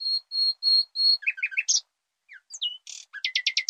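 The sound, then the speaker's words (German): A young songbird sings a full, intricate song copied from its father's song, which it heard as a nestling: four steady high whistled notes, then quick twittering trills, a brief pause, and a final run of rapid buzzy repeated notes, clear and with no talking. “Und schließlich sang das Tier perfekt nach dem Vorbild seines Vaters, dem es als Nestling gut zugehört hatte.”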